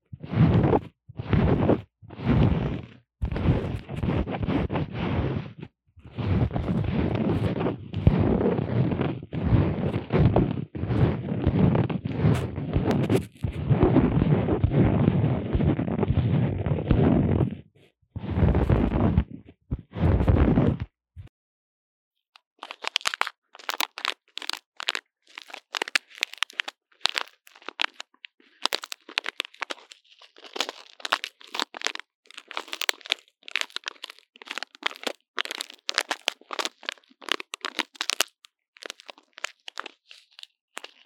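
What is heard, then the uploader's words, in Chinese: Popping candy crackles against a microphone. For the first twenty seconds it comes in dense, full-bodied bursts with a heavy low rumble, broken by short gaps. After a brief silence, the rest is thinner, brighter fizzing of quick, irregular pops. ASMR 各種玩弄線麥-跳跳糖 | Lo-fi Earphone Mic | Lo-fi | No Talking。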